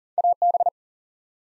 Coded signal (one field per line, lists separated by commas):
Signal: Morse code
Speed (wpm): 40 wpm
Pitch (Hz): 700 Hz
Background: none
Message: AB